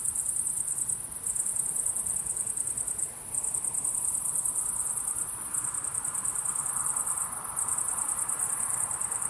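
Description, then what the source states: Cricket chorus of fast, high-pitched pulsed chirps, continuous with a few brief dips, and a faint broad hum underneath. Crickets calling at sunset.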